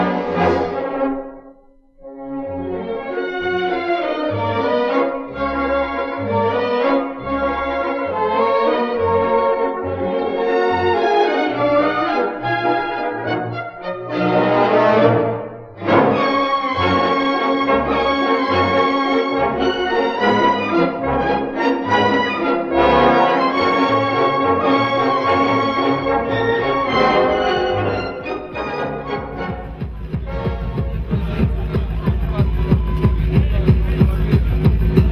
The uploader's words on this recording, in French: Parade anti G8 - G20 joyeuse et déjantée à Belleville. Ici à Belleville, une manif haut en couleur contre les diktat sécuritaires et économiques des dirigeants du monde !